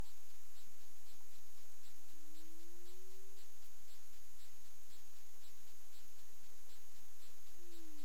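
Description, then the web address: Humpback whale moan, a single smooth tone rising slowly, then another starting at the end, over steady hiss and regular high clicking pulses. Caribbean waters, 20 February 2022 at 20:15 UTC. "CARIMAM. humpback whale 20220220 201543 UTC"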